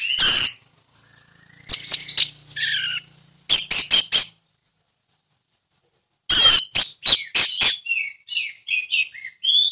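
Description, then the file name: Orange-headed thrush song: loud bursts of sharp chips and whistled trills, linked by series of thin, faint, high-pitched notes. Ngeplong song style. "anis merah ngeplong"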